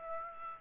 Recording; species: mosquito wingbeat signal from an infrared sensor; Aedes aegypti